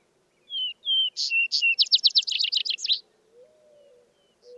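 Vesper sparrow gives two slurred whistles, then louder high notes breaking into a quick, buzzy descending trill; a soft low rising tone follows.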